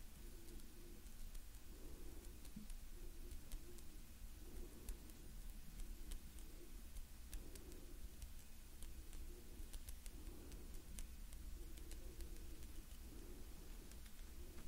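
Gentle hand sounds and movements, with soft rubbing swells that recur about once a second over a steady low rumble. Light, crisp ticks and taps are scattered throughout, like a patter. The level stays even from start to finish.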